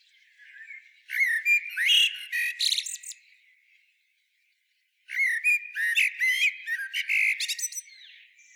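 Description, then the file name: Common blackbird: two song phrases, each opening with low fluty notes and finishing in a rapid, high, chattering twitter, separated by a quiet pause. "Turdus merula"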